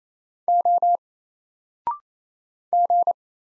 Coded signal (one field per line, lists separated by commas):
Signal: Morse code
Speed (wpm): 28 wpm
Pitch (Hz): 700 Hz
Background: none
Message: O G